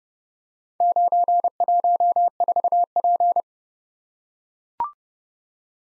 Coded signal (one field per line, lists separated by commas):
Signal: Morse code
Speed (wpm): 30 wpm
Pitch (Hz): 700 Hz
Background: none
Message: 914P